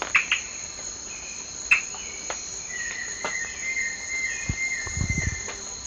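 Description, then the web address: Rusty-fronted tody-flycatcher giving short, sharp notes near the start and again later, over a steady high insect drone, with a long level whistle in the second half. Eastern lowlands of South America. "Natures Songs S America Eastern Lowlands. Rusty-fronted Tody-Flycatcher"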